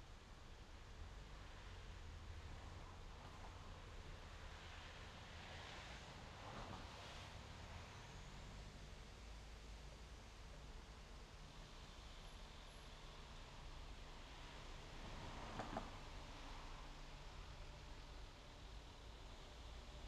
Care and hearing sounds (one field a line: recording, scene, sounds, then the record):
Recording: everyday scene through a hearing-aid microphone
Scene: in traffic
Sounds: traffic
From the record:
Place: main road on the outskirts, rush hour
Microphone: in the ear canal, left